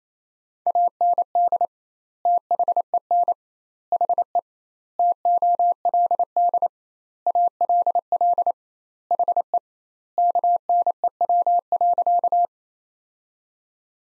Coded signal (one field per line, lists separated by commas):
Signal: Morse code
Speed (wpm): 28 wpm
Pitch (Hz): 700 Hz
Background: none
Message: AND THEN HE TOLD ALL HE KNEW.